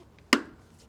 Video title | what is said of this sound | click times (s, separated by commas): Front To Back Fixes On my Cheap S500 | hear the click there it is | 0.3 s